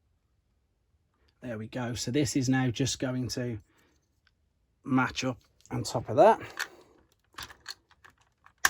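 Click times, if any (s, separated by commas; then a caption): 8.7 s. Someone talks while a plastic part of a vintage Transformers Generation One Road Caesar Victory combiner toy from Japan is lined up on top of the combined robot figure and pushed down. A few small plastic taps follow, then a sharp click at 8.7 s as the part seats in place.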